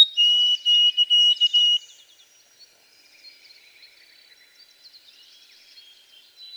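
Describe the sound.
White-throated sparrow song ending: a run of short repeated clear whistles on one pitch, then faint jumbled chirps in the background.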